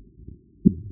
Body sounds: neck accelerometer signal played as sound; no cough (speech, laughter, throat clearing or background)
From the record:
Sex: male

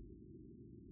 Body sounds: neck accelerometer signal played as sound; no cough (speech, laughter, throat clearing or background)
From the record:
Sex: male

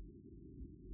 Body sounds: neck accelerometer signal played as sound; no cough (speech, laughter, throat clearing or background)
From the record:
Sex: female

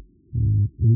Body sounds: neck accelerometer signal played as sound; no cough (speech, laughter, throat clearing or background)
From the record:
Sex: male

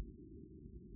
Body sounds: neck accelerometer signal played as sound; no cough (speech, laughter, throat clearing or background)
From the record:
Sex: female

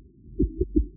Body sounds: neck accelerometer signal played as sound; voluntary cough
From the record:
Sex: male

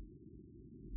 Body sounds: neck accelerometer signal played as sound; no cough (speech, laughter, throat clearing or background)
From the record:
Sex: male

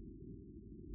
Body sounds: neck accelerometer signal played as sound; no cough (speech, laughter, throat clearing or background)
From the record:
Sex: female

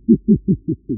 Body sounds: neck accelerometer signal played as sound; no cough (speech, laughter, throat clearing or background)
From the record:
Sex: male

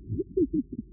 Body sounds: neck accelerometer signal played as sound; no cough (speech, laughter, throat clearing or background)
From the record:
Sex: female

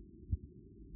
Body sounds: neck accelerometer signal played as sound; no cough (speech, laughter, throat clearing or background)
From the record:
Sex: male

